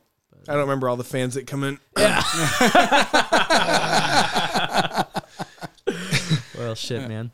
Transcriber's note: laughing